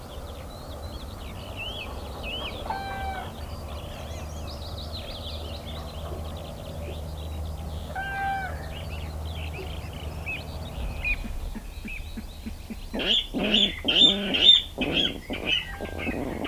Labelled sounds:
Water Rail call
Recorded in the wild
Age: adult
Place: Parsteiner See, Brandenburg, DE
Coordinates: 52.9697, 13.9775
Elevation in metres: 40
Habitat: sedge
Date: 2006-04-12
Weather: wolkig, ca. 5°C, schwacher Wind aus SO
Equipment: Marantz PMD 671, Sennheiser MKH 70, Popschutz
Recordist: Frommolt, Karl-Heinz

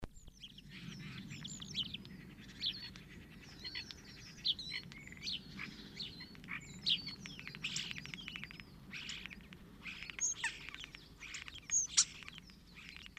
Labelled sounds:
European Starling song
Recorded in the wild
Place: Kaiserslautern, Rheinland-Pfalz, DE
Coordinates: 49.4065, 7.8055
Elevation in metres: 400
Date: 1977-03-01
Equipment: Nagra IV, Sennheiser MKH 405, Parabolreflektor
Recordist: Tretzel, Erwin

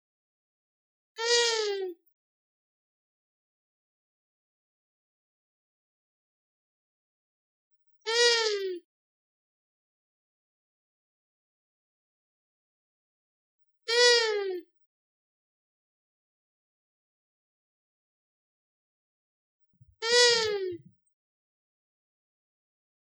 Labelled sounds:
Long-eared Owl
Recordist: Frommolt, Karl-Heinz
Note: Gesang

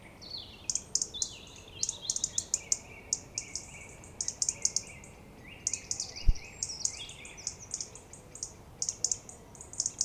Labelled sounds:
European Robin call
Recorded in the wild
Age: adult
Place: Kalchreuth, Bayern, DE
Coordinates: 49.5758, 11.1317
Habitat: pond
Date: 1962-04-30
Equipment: Original, Vollspur
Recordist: Tretzel, Erwin

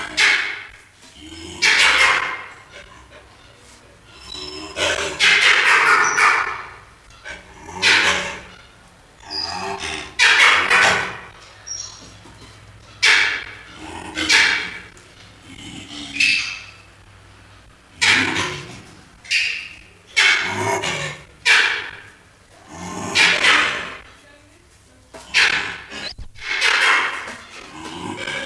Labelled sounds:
Mandrill call
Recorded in captivity
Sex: male
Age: adult
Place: Zoo Rostock, Mecklenburg-Vorpommern, DE
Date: 1984-02-03 13:00
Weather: bedeckt, z. T. Regen, 3-5°C
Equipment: Nagra SN, Kopie Uher 4000 Report Monitor
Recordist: Tembrock, Günter

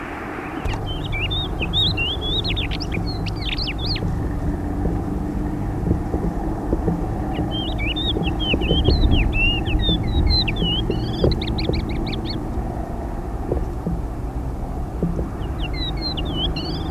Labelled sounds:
Thekla's Lark
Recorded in the wild
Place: Rioja, ES
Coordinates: 36.9144, -2.46861
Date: 1971-04-03
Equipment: Uher Report 4200, AKG D190C in Doppel-Parabolreflektor
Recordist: Krey, Winfried
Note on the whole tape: Artbestimmung nach Sonagramm

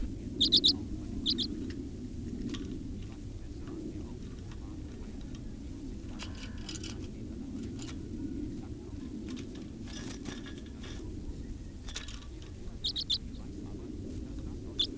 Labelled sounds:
Common Redpoll call
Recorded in captivity
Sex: male
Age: adult
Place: Putbus, Insel Rügen, Mecklenburg-Vorpommern, DE
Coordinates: 54.318, 13.413
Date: 1976-01-25
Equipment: Nagra III BH, Sennheiser MD 21
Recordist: Schubert, Michael
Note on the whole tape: Birkenzeisig - Männchen adult lockt (Käfigvogel, Unterart flammea)

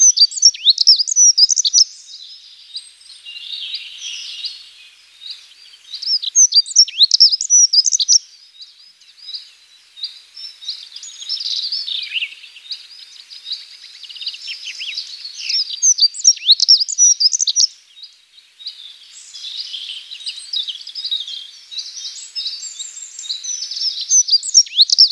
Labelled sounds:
Dunnock song
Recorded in the wild
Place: St. Peter, Hochschwarzwald / Potsdamer Platz, Baden-Württemberg, DE
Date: 1993-04-09
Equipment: Dat-Recorder Casio DA 7, Telinga DAT, Telinga-Parabolspiegel
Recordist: Schwarz, Dieter

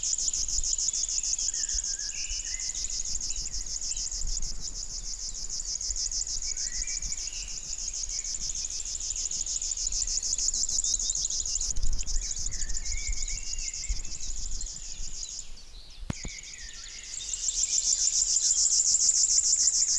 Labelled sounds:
River Warbler song
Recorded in the wild
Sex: male
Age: adult
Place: Anklam, Mecklenburg-Vorpommern, DE
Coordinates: 53.9, 13.7
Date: 1989-05-20 17:45
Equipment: Uher 4400 Report Monitor, Sennheiser ME 80, K 30 AV
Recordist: Fischer, Stefan
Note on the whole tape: Gützkow: Gesang

